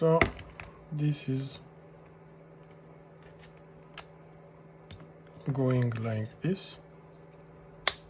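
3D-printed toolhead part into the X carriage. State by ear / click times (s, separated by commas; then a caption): seated / 7.9 s. A 3D-printed toolhead part is pressed into its mating part on the X carriage assembly and snaps home with one sharp click at 7.9 seconds, seating it in place. Before that, someone talks briefly over a low steady hum, with a few faint ticks of handling.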